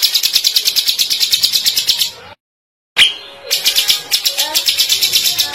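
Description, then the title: White-eye song: a fast, high, rattling trill of repeated chips, cut by a short silence, then resuming with a few sharp calls and more trilling. White-eye singing gacor (continuously) with full tembakan (rapid-fire bursts). "Masteran Burung Pleci Gacor Full Tembakan"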